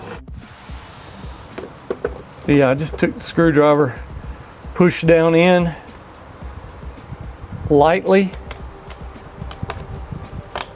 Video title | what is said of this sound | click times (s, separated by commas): How to Replace Mustang Badges- Ghost Emblems. See Them, Now You Don’t. | Hear it pop right there. | 10.6 s